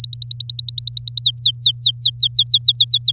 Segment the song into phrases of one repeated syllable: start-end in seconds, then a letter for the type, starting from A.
0.00-1.22 A, 1.23-3.12 B